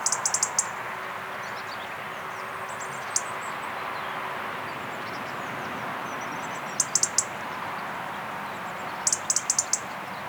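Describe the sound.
European robin giving quick bursts of thin, high ticking notes, in short clusters repeated a few seconds apart over a steady hiss of background noise.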